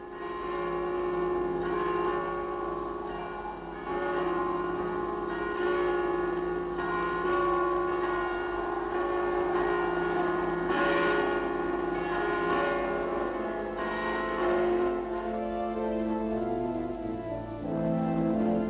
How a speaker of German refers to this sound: Und in Potsdam läuteten die Glocken. In der Potsdamer Garnisonkirche, in der Paul von Hindenburg Adolf Hitler das Reich anvertraute.